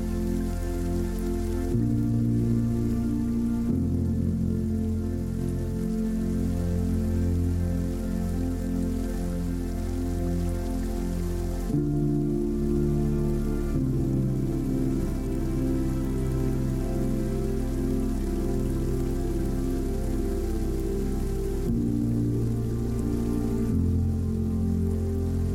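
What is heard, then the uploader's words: Steady rain hisses behind soft, low sustained music whose chords shift slowly every few seconds, the volume staying even throughout. After the Rain: Music And Sound For Sleep. Relaxing rain with music.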